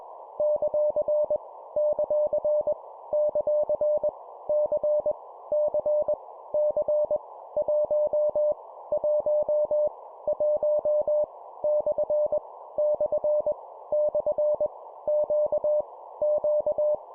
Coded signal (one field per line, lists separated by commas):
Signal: Morse code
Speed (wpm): 21 wpm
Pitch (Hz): 600 Hz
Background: none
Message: ; ; ; C C C 1 1 1 / / / Q Q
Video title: 20wpm Repeat three times Random Letter Number Punctuation, cw morse code practice